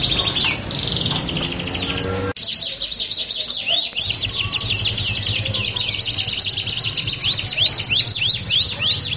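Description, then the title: Belgian canary song, dense rolling trills of quick repeated notes, a short break near two seconds, then steady rapid sweeping phrases to the end. Belgian canary song used to warm up canaries and prompt them to sing along within seconds. "Canto Para Esquentar Canário Belga. LANGSUNG NYAUT. Pancingan suara kenari hitungan detik langsung ikut bunyi"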